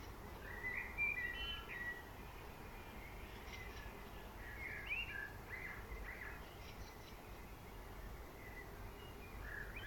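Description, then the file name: Common blackbird giving soft fluted, warbling phrases with brief squeaky notes, several short bursts spread throughout against a constant low hiss. "Turdus merula"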